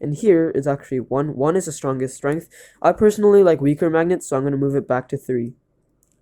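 Someone talks while holding a speed cube piece from a Dayan Tengyun v2 vs Valk 3 Elite comparison, about to turn its blue plastic magnet-strength disk with a screwdriver from setting one, the strongest, back to setting three because they prefer weaker magnets. The speech ends around 5.5 s, followed by near silence, and nothing has clicked into place yet.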